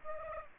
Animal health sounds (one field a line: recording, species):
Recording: mosquito wingbeat signal from an infrared sensor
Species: Aedes aegypti